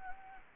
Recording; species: mosquito wingbeat signal from an infrared sensor; Anopheles gambiae